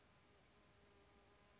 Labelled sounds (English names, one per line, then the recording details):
Western Flycatcher
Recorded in Sonoma County, California